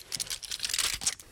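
A person with rheumatism fumbles trying to open medicine packaging: a quick run of irregular crinkles, scratches and small tearing bursts of plastic or foil, fairly quiet, with no voices.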